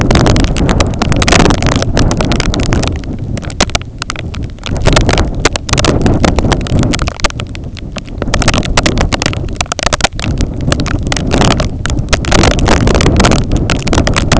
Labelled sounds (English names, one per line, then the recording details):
none
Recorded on Arctic tundra, site IGLO-A, on 20 June 2018
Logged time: 21:59